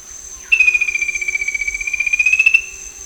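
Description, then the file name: Bird giving a single buzzy, evenly pulsed trill lasting about two seconds, dipping slightly then rising at the end, over a steady high-pitched whine. "SABIOD 50 bird 2015"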